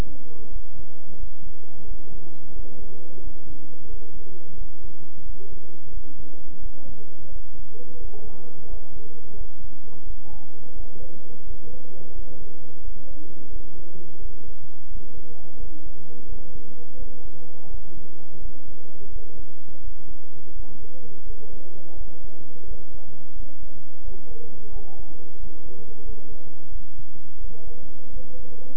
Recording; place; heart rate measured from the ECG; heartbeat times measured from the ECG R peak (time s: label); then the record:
heart sounds by stethoscope; between the tricuspid and mitral areas; 87 bpm
0.49 s: heartbeat
1.17 s: heartbeat
1.85 s: heartbeat
2.53 s: heartbeat
3.21 s: heartbeat
3.87 s: heartbeat
4.55 s: heartbeat
5.23 s: heartbeat
5.91 s: heartbeat
6.60 s: heartbeat
7.30 s: heartbeat
7.98 s: heartbeat
8.67 s: heartbeat
9.35 s: heartbeat
10.04 s: heartbeat
10.73 s: heartbeat
11.44 s: heartbeat
12.13 s: heartbeat
12.82 s: heartbeat
13.50 s: heartbeat
14.19 s: heartbeat
14.88 s: heartbeat
15.57 s: heartbeat
16.26 s: heartbeat
16.96 s: heartbeat
17.68 s: heartbeat
18.39 s: heartbeat
19.10 s: heartbeat
19.81 s: heartbeat
20.53 s: heartbeat
21.24 s: heartbeat
21.95 s: heartbeat
22.65 s: heartbeat
23.33 s: heartbeat
24.02 s: heartbeat
24.70 s: heartbeat
25.37 s: heartbeat
26.03 s: heartbeat
26.69 s: heartbeat
27.38 s: heartbeat
28.10 s: heartbeat
From the record:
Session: bicycle stress test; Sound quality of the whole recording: good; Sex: male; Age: 26 years